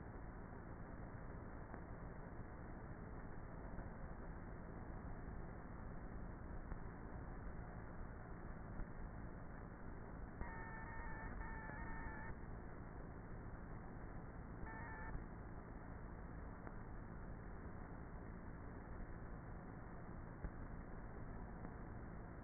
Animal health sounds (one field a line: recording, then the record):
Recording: honeybee colony, microphone inside the hive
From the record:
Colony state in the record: queenless with a low population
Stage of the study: before two queens were removed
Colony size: about 30,000 bees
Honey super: no